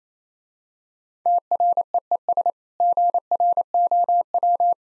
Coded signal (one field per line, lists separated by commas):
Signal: Morse code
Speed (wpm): 28 wpm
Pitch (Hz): 700 Hz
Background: none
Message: TREES GROW